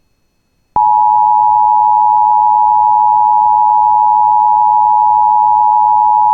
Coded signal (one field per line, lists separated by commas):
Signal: Emergency Alert System (SAME) tones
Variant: 853 and 960 Hz attention tone